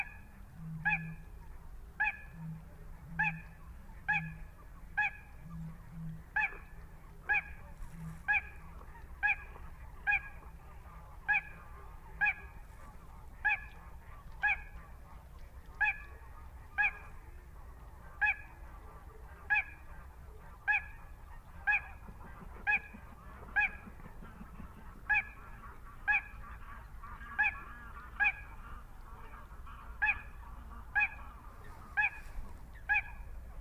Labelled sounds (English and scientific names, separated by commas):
Little Crake (Porzana parva)